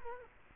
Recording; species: mosquito wingbeat signal from an infrared sensor; Culex quinquefasciatus